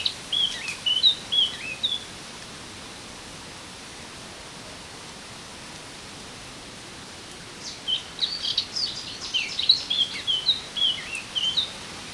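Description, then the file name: Eurasian blackcap singing two bursts of quick, high warbled notes, the first brief and the second longer and more varied, separated by several seconds of steady background hiss. "Sylvia atricapilla"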